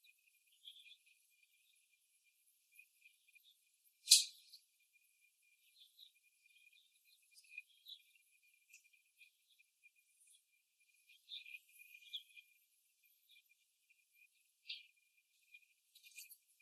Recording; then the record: young laying hens in a cage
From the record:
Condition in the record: after the stressor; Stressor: simulated dog barking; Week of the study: 1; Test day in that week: 1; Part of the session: 4